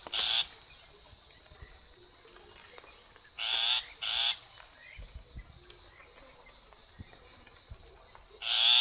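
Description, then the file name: Long-tailed shrike giving scattered harsh, scratchy notes: one, a close pair a few seconds later, and another at the end, with quiet clicks between. "棕背伯勞"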